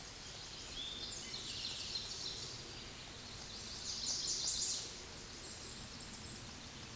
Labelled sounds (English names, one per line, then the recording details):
Chestnut-sided Warbler song
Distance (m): 40 m
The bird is about level with the microphone
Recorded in a Pennsylvania forest on 16 May 2024 at 09:58
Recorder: AudioMoth, point MSD-0475
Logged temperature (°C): 12.3 °C
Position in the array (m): 110 m, -12 m